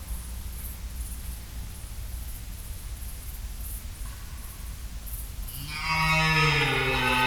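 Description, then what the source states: Red deer stag roar begins near the end, a single deep harmonic bellow rising out of quiet low-frequency background noise. Red deer stags calling overnight during the rut in Schönbuch near Tübingen, Germany, September 2023.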